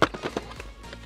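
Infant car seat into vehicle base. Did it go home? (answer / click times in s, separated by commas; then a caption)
yes / 0.0 s. A Doona infant car seat is lowered, front part first, into its installed vehicle base, and the back comes down and latches with a sharp knock at 0.0 s. Softer knocks and rattles follow at about 0.1, 0.4, 0.6 and 0.9 s. The seat is locked securely into the base, shown by the green indicator.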